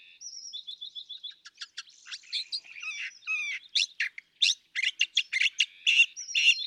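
California thrasher song opening with a whistle and a quick trill, then increasingly loud, harsh, repeated scratchy notes.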